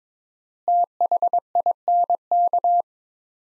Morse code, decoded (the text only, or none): THINK